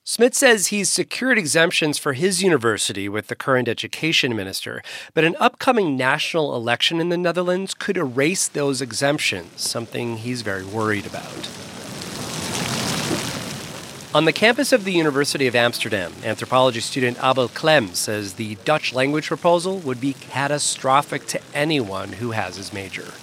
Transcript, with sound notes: Smits says he's secured exemptions for his university with the current education minister, but an upcoming national election in the Netherlands could erase those exemptions, something he's very worried about. (SOUNDBITE OF WATER FOUNTAIN) On the campus of the University of Amsterdam, anthropology student Abel Klem says the Dutch language proposal would be catastrophic to anyone who has his major.